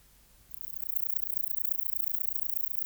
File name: Antaxius pedestris